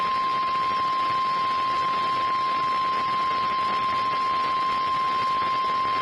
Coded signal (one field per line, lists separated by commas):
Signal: Emergency Alert System (SAME) tones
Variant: 1050 Hz attention tone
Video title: Two Days Of Madness | EAS Alerts From 6/25-26/2021 (EAS #709-773)